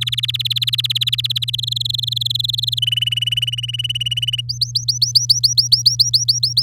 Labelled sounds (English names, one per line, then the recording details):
Domestic Canary song
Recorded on 8 May 2018 at 12:04
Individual llb16